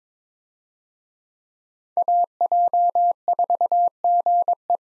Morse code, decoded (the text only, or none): AJ4GE